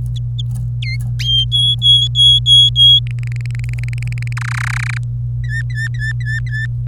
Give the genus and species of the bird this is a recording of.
Serinus canaria